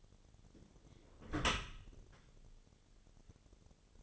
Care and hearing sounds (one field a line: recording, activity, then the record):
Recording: daily activity, microphone in the room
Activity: close dishwasher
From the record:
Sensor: 4